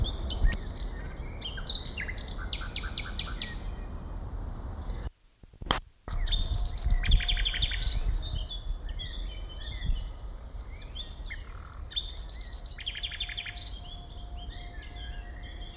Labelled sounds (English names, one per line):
Common Nightingale